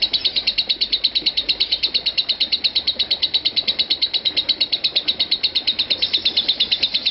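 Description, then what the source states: Lovebird chatter: quick, shrill repeated notes at a steady pulse. Call style named konslet.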